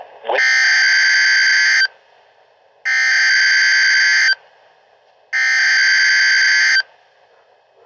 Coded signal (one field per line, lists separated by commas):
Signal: Emergency Alert System (SAME) tones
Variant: header bursts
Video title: TORRENTIAL DARKNESS - EAS Alerts from 5/22/24 #49-51